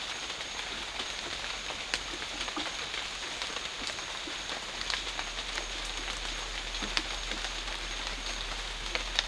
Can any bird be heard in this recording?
no